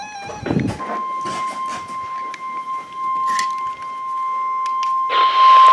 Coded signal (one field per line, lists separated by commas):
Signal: Emergency Alert System (SAME) tones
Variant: 1050 Hz attention tone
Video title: Flash Flood Warning INTERRUPTED BY TORNADO WARNING (EAS #1215-1217)